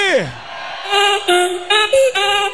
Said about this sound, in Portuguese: Cadê o grito dos homens que gostam de mulheres aí?